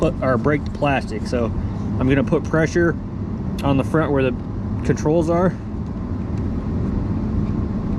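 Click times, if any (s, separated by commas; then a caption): none. While someone talks, a plastic dash trim panel on a 1991 GMC Sierra is held at the front by the controls and lined up over the dashboard mounting tabs so the plastic doesn't break. Steady background noise continues under the voice, and there are no hits. Nothing has seated or clicked yet.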